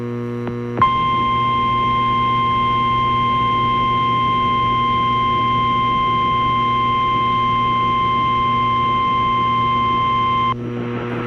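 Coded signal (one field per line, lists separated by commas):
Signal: Emergency Alert System (SAME) tones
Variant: 1050 Hz attention tone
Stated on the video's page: EAS Civil Emergency Message that interrupted a Looney Tunes broadcast on a CBS TV station, in an edited version.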